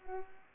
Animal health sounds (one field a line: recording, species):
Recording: mosquito wingbeat signal from an infrared sensor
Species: Culex pipiens